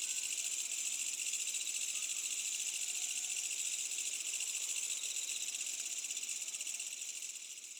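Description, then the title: Insects keep up an unbroken high trilling chorus that fades slightly toward the end. Medium-density insect ambience on a summer night with a village in the distance. "GameAudioGDC. AMBIENCE Insects Medium Night Summer Distant Village"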